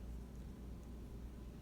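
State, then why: Not seated. A plastic building brick piece is handled over a Lego Saturn V rocket model assembly after its orientation has been corrected. Only a steady low rumble and broadband background noise are heard, with no distinct clicks. Nothing has seated or clicked yet.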